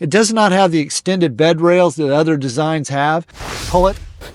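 Someone talks while pulling the convertible sofa-bed bench of a camper van out on its locking drawer slide toward bed position, and a broad rushing slide noise follows. Nothing has seated or clicked yet.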